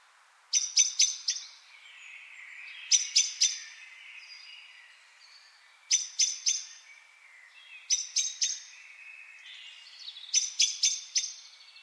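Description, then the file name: Common blackbird calling in bursts of three or four sharp, clicking chink notes, repeated about every two to three seconds, with faint twittering of other birds between. "Turdus merula"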